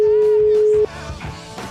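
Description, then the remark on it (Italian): A phone call hits voicemail: one steady, mid-pitched electronic beep holds loudly for nearly a second, then cuts off as people start talking. “Segreteria telefonica.”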